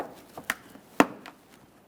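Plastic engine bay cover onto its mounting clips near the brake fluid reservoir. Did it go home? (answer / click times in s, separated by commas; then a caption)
yes / 1.0 s. A plastic engine bay cover on a 2014-2019 Toyota Corolla is pressed down onto its mounting clips near the brake fluid reservoir while being reinstalled after bleeding the brakes and topping off the fluid. A series of sharp plastic snaps is heard, with a smaller one at 0.5 s, the loudest at 1.0 s, and a faint one near 1.3 s. The cover clips seat, snapping home at 1.0 s.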